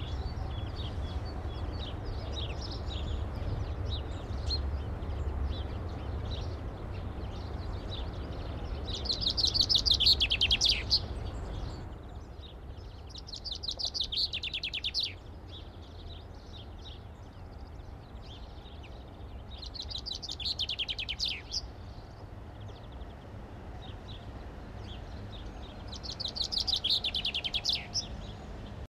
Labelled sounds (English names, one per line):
Common Chaffinch song